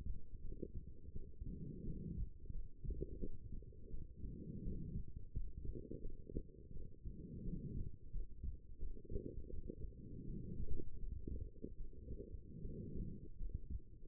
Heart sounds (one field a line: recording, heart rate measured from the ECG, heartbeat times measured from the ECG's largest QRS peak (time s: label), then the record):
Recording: heart sounds by stethoscope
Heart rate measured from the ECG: 83 bpm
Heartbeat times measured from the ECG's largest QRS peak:
0.40 s: heartbeat
1.12 s: heartbeat
1.84 s: heartbeat
2.51 s: heartbeat
3.19 s: heartbeat
3.90 s: heartbeat
4.63 s: heartbeat
5.32 s: heartbeat
6.01 s: heartbeat
6.72 s: heartbeat
7.44 s: heartbeat
8.11 s: heartbeat
8.78 s: heartbeat
9.49 s: heartbeat
10.25 s: heartbeat
10.98 s: heartbeat
11.76 s: heartbeat
12.61 s: heartbeat
13.36 s: heartbeat
From the record:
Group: healthy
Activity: rest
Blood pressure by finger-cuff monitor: 123/80 mmHg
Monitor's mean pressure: 95 mmHg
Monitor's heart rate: 85 bpm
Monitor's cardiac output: 7.4 L/min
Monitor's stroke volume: 87 mL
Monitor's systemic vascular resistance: 950 dyn s/cm5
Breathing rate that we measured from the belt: 21 breaths a minute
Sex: female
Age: 23 years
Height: 160 cm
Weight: 50.4 kg